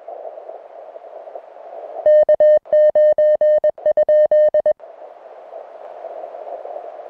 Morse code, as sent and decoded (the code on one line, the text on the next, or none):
-.- ----. ..--..
K9?